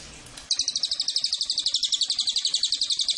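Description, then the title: Cililin launching into a steady string of rapid, high, sharp notes after a brief quiet start. Cililin bird song used as a masteran tutor or pancingan lure for training birds. "MASTERAN SUARA BURUNG CILILIN BISA JUGA PANCINGAN CILILIN"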